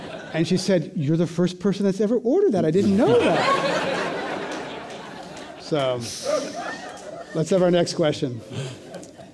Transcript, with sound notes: And she said “You’re the first person that’s ever ordered that, I didn’t know that.”
[Laughter]
So, let’s have our next question.